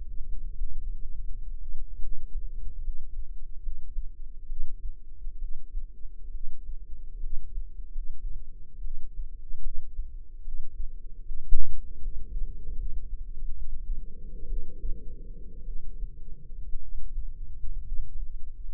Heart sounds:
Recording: heart sounds by microphone in the left ear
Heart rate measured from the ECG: 68 bpm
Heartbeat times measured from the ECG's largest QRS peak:
0.11 s: heartbeat
1.07 s: heartbeat
1.98 s: heartbeat
2.80 s: heartbeat
3.59 s: heartbeat
4.46 s: heartbeat
5.38 s: heartbeat
6.30 s: heartbeat
7.19 s: heartbeat
7.90 s: heartbeat
8.81 s: heartbeat
9.60 s: heartbeat
10.41 s: heartbeat
11.22 s: heartbeat
11.98 s: heartbeat
12.75 s: heartbeat
13.53 s: heartbeat
14.46 s: heartbeat
15.63 s: heartbeat
16.77 s: heartbeat
17.82 s: heartbeat
From the record:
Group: healthy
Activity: rest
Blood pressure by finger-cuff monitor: 139/80 mmHg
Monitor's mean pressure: 98 mmHg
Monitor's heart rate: 70 bpm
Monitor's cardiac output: 6.3 L/min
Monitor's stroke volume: 91 mL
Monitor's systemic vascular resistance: 1200 dyn s/cm5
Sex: female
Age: 22 years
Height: 171 cm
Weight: 65.6 kg

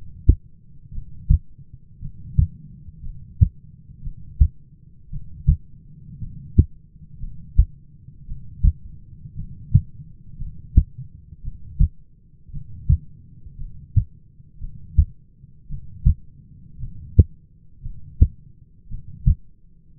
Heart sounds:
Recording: heart sounds by stethoscope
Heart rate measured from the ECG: 57 bpm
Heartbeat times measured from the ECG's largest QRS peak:
0.93 s: heartbeat
2.02 s: heartbeat
3.02 s: heartbeat
4.03 s: heartbeat
5.11 s: heartbeat
6.19 s: heartbeat
7.19 s: heartbeat
8.27 s: heartbeat
9.36 s: heartbeat
10.38 s: heartbeat
11.43 s: heartbeat
12.52 s: heartbeat
13.57 s: heartbeat
14.60 s: heartbeat
15.69 s: heartbeat
16.79 s: heartbeat
17.82 s: heartbeat
18.89 s: heartbeat
From the record:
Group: heart failure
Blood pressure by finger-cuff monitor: 103/63 mmHg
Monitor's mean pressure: 76 mmHg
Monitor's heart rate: 57 bpm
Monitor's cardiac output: 6.2 L/min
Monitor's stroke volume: 109 mL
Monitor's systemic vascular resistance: 880 dyn s/cm5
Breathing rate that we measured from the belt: 17 breaths a minute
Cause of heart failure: dilated cardiomyopathy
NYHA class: 2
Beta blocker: bisoprolol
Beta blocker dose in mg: 10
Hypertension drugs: sacubitril-valsartan, spironolactone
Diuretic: furosemide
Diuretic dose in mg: 40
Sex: male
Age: 29 years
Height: 174 cm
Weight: 92 kg

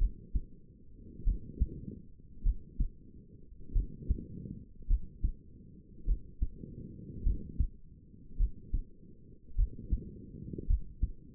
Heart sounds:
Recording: heart sounds by stethoscope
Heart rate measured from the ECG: 51 bpm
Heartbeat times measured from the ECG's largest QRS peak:
1.25 s: heartbeat
2.43 s: heartbeat
3.73 s: heartbeat
4.88 s: heartbeat
6.06 s: heartbeat
7.24 s: heartbeat
8.38 s: heartbeat
9.56 s: heartbeat
10.68 s: heartbeat
From the record:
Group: healthy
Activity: cold pressor test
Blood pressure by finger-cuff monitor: 108/62 mmHg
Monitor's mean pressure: 77 mmHg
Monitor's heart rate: 50 bpm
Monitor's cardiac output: 5 L/min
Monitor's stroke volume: 98 mL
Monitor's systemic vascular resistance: 1140 dyn s/cm5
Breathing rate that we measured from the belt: 21 breaths a minute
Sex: female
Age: 28 years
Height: 170 cm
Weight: 77 kg

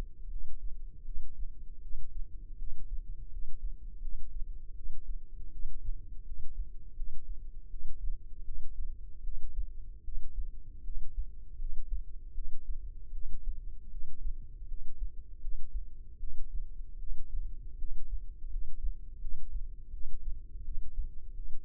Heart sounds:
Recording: heart sounds by microphone in the left ear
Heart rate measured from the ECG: 80 bpm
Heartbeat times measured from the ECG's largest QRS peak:
0.27 s: heartbeat
1.03 s: heartbeat
1.79 s: heartbeat
2.56 s: heartbeat
3.28 s: heartbeat
3.99 s: heartbeat
4.73 s: heartbeat
5.49 s: heartbeat
6.23 s: heartbeat
6.93 s: heartbeat
7.68 s: heartbeat
8.43 s: heartbeat
9.21 s: heartbeat
10.02 s: heartbeat
10.82 s: heartbeat
11.56 s: heartbeat
12.32 s: heartbeat
13.10 s: heartbeat
13.88 s: heartbeat
14.66 s: heartbeat
15.39 s: heartbeat
16.17 s: heartbeat
16.97 s: heartbeat
17.76 s: heartbeat
18.48 s: heartbeat
19.19 s: heartbeat
19.90 s: heartbeat
20.62 s: heartbeat
21.32 s: heartbeat
From the record:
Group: healthy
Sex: female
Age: 19 years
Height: 163 cm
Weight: 48.9 kg

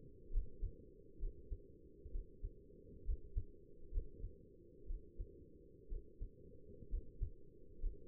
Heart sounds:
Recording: heart sounds by stethoscope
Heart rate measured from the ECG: 64 bpm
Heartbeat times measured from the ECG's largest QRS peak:
0.33 s: heartbeat
1.21 s: heartbeat
2.13 s: heartbeat
3.06 s: heartbeat
3.93 s: heartbeat
4.88 s: heartbeat
5.90 s: heartbeat
6.91 s: heartbeat
7.81 s: heartbeat
From the record:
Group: healthy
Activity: rest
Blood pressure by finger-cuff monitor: 95/60 mmHg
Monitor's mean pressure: 71 mmHg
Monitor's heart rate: 65 bpm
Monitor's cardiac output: 6.2 L/min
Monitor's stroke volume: 94 mL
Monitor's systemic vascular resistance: 830 dyn s/cm5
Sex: male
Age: 22 years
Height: 181 cm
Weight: 79 kg

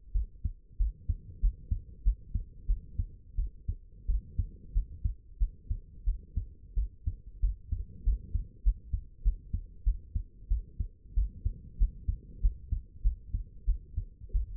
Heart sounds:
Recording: heart sounds by stethoscope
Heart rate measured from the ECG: 93 bpm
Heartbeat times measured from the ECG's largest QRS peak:
0.13 s: heartbeat
0.78 s: heartbeat
1.41 s: heartbeat
2.03 s: heartbeat
2.67 s: heartbeat
3.36 s: heartbeat
4.07 s: heartbeat
4.73 s: heartbeat
5.39 s: heartbeat
6.05 s: heartbeat
6.75 s: heartbeat
7.41 s: heartbeat
8.04 s: heartbeat
8.64 s: heartbeat
9.23 s: heartbeat
9.84 s: heartbeat
10.49 s: heartbeat
11.15 s: heartbeat
11.78 s: heartbeat
12.41 s: heartbeat
13.03 s: heartbeat
13.66 s: heartbeat
14.32 s: heartbeat
From the record:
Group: healthy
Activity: rest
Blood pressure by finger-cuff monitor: 96/64 mmHg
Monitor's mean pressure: 76 mmHg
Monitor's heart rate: 94 bpm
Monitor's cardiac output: 8.1 L/min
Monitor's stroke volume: 85 mL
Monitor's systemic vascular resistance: 670 dyn s/cm5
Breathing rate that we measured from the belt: 18 breaths a minute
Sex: female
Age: 22 years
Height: 161 cm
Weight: 65.5 kg

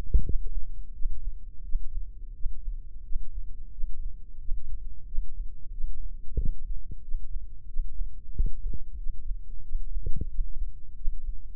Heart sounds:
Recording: heart sounds by microphone in the left ear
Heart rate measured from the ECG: 90 bpm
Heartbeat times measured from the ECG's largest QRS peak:
0.22 s: heartbeat
0.92 s: heartbeat
1.62 s: heartbeat
2.33 s: heartbeat
3.02 s: heartbeat
3.70 s: heartbeat
4.38 s: heartbeat
5.05 s: heartbeat
5.71 s: heartbeat
6.35 s: heartbeat
7.01 s: heartbeat
7.66 s: heartbeat
8.31 s: heartbeat
8.96 s: heartbeat
9.62 s: heartbeat
10.27 s: heartbeat
10.94 s: heartbeat
From the record:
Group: healthy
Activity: Valsalva maneuver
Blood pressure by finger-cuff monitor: 119/70 mmHg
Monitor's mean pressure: 82 mmHg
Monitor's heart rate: 91 bpm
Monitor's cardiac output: 8.4 L/min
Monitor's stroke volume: 93 mL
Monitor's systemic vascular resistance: 700 dyn s/cm5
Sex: male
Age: 24 years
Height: 184 cm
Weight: 89 kg

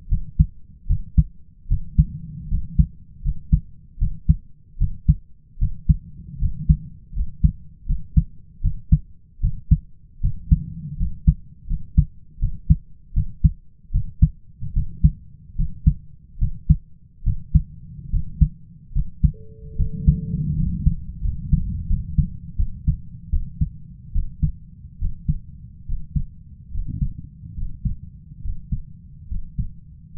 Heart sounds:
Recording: heart sounds by stethoscope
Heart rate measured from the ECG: 76 bpm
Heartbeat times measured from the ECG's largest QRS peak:
0.09 s: heartbeat
0.87 s: heartbeat
1.68 s: heartbeat
2.48 s: heartbeat
3.22 s: heartbeat
3.98 s: heartbeat
4.78 s: heartbeat
5.58 s: heartbeat
6.39 s: heartbeat
7.13 s: heartbeat
7.86 s: heartbeat
8.61 s: heartbeat
9.40 s: heartbeat
10.21 s: heartbeat
10.97 s: heartbeat
11.67 s: heartbeat
12.39 s: heartbeat
13.13 s: heartbeat
13.91 s: heartbeat
14.73 s: heartbeat
15.56 s: heartbeat
16.38 s: heartbeat
17.23 s: heartbeat
18.10 s: heartbeat
18.92 s: heartbeat
19.76 s: heartbeat
20.55 s: heartbeat
21.21 s: heartbeat
21.87 s: heartbeat
22.56 s: heartbeat
23.30 s: heartbeat
24.12 s: heartbeat
24.98 s: heartbeat
25.85 s: heartbeat
26.71 s: heartbeat
27.54 s: heartbeat
28.41 s: heartbeat
29.27 s: heartbeat
30.13 s: heartbeat
From the record:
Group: healthy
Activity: rest 0-19 s, breath hold 19-30 s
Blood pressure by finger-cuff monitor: 101/59 mmHg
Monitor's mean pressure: 69 mmHg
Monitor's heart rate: 74 bpm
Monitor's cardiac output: 5.6 L/min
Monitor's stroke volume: 73 mL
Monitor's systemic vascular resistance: 880 dyn s/cm5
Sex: male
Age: 20 years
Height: 167 cm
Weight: 61 kg

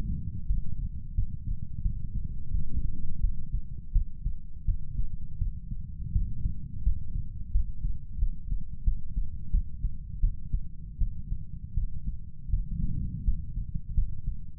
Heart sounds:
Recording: heart sounds by stethoscope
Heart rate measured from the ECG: 85 bpm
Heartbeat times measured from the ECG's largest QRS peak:
0.46 s: heartbeat
1.14 s: heartbeat
1.82 s: heartbeat
2.51 s: heartbeat
3.20 s: heartbeat
3.92 s: heartbeat
4.65 s: heartbeat
5.38 s: heartbeat
6.12 s: heartbeat
6.83 s: heartbeat
7.51 s: heartbeat
8.18 s: heartbeat
8.84 s: heartbeat
9.50 s: heartbeat
10.20 s: heartbeat
10.98 s: heartbeat
11.74 s: heartbeat
12.50 s: heartbeat
13.24 s: heartbeat
13.94 s: heartbeat
From the record:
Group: healthy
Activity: cold pressor test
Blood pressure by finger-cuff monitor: 115/80 mmHg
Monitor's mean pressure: 95 mmHg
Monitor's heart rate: 86 bpm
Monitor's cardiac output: 5.9 L/min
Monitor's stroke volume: 72 mL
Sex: male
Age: 35 years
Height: 178 cm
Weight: 64 kg

